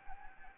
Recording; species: mosquito wingbeat signal from an infrared sensor; Anopheles gambiae